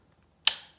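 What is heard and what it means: The steel operating rod of an M1 Garand rifle is pushed back into its notch in the receiver groove during reassembly. After near silence, a sharp metallic click sounds at 0.5 s and rings out briefly. The rod is confirmed seated in the groove.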